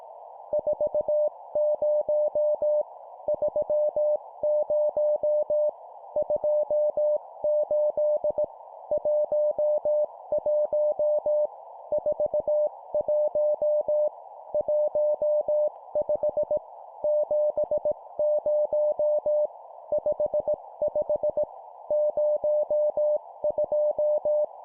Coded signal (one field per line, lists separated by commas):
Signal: Morse code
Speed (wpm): 18 wpm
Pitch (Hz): 600 Hz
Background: none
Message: 40 30 28 11 41 15 70 55 02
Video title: 17wpm Two number words, morse code practice